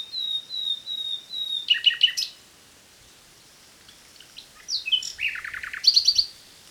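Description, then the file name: Common nightingale song: a series of soft piping whistles leading into rapid repeated chirps, a pause, then another burst of fast trilled and sharp notes. "Luscinia megarhynchos"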